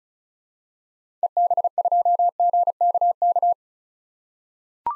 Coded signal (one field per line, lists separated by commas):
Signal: Morse code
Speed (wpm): 36 wpm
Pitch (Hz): 700 Hz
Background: none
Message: EB2GKK